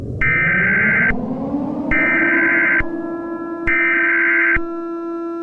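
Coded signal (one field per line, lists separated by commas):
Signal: Emergency Alert System (SAME) tones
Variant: header bursts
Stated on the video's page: Fictional scenario with sirens and distorted effects, containing valid and invalid EAS tones.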